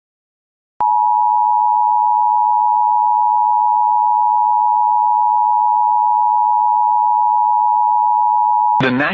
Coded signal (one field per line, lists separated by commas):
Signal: Emergency Alert System (SAME) tones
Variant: 853 and 960 Hz attention tone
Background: speech